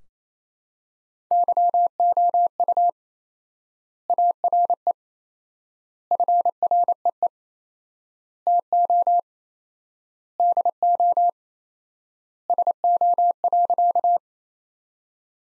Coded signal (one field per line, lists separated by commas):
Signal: Morse code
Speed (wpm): 28 wpm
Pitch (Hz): 700 Hz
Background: none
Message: YOU ARE FREE TO DO SO.